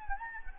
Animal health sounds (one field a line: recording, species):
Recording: mosquito wingbeat signal from an infrared sensor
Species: Anopheles gambiae